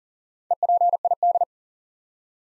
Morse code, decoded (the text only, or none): EPID